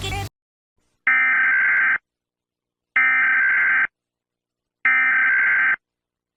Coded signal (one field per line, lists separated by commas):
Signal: Emergency Alert System (SAME) tones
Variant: header bursts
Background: speech